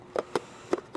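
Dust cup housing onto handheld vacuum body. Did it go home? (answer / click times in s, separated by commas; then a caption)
yes / 0.4 s. The plastic dust cup and filter housing of an Oxilam 4-in-1 battery-powered portable cordless handheld vacuum (2025), whose rubber gland seal is already cracked, is pushed back onto the vacuum body. Several short, sharp plastic clicks are heard around 0.2, 0.4, 0.7, 0.8, 0.95 and 1.0 seconds. The housing locks into place at 0.4 seconds.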